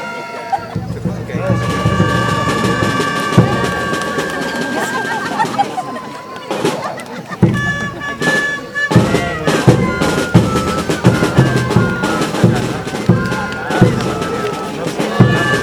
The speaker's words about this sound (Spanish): Muy bien. Recibamos entonces con un fuerte voto de aplauso.